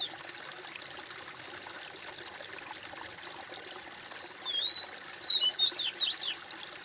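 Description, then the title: Bird: after several seconds of only background hiss, a bird delivers one phrase of clear, swooping whistles at the close. "kOMPILASI suara bird"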